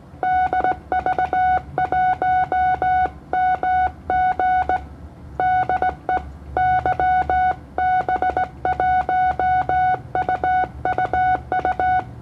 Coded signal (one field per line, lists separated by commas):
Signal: Morse code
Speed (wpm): 17 wpm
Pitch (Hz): 740 Hz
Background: none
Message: DV1MG DE YB1UUU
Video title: CW 15m Band Indonesia ke Philipina 20 watt